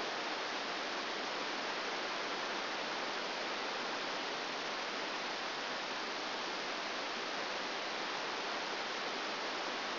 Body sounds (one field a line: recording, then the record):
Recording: brain microelectrode recording played as sound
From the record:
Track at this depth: outside the subthalamic nucleus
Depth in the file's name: 0.006 mm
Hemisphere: left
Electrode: 2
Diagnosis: Parkinson's disease